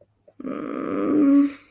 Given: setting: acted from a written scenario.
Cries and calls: vocal sound without words; embarrassment

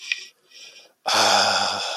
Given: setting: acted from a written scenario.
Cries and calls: vocal sound without words; ecstasy

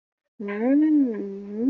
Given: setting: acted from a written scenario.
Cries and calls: vocal sound without words; interest

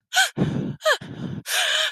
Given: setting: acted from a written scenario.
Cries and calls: vocal sound without words; sadness

